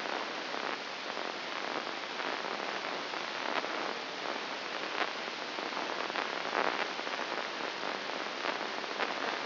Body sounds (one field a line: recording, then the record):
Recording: brain microelectrode recording played as sound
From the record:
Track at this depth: inside the subthalamic nucleus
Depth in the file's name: 5.101 mm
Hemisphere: left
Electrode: 2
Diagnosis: Parkinson's disease